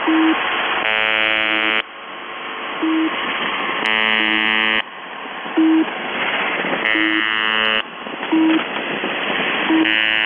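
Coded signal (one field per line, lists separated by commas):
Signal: channel marker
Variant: UVB-76 (The Buzzer)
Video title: The Buzzer/UVB-76(4625Khz) January 4, 2022 channel marker transition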